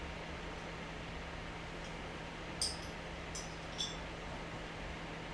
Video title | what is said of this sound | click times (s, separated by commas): Max's Models Livestream 217 | Janet. There we go. Finally snapped into place | 2.6 s